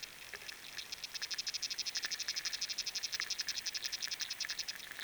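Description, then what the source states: Frog giving a fast, even pulsed trill that runs almost without break, a rapid rattling call over faint rain noise. Recorded underwater with a hydrophone; rain and wind also heard.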